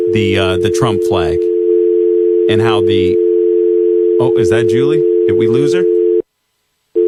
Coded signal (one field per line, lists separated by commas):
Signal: telephone call progress tone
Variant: North America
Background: speech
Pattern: dial tone